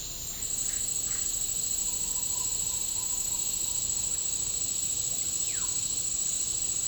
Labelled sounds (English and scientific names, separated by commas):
Russet-backed Oropendola (Psarocolius angustifrons)